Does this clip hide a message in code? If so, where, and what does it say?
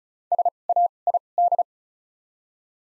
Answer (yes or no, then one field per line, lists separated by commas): yes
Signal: Morse code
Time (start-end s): 0.3-1.6 s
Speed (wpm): 36 wpm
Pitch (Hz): 700 Hz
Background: none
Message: S A I D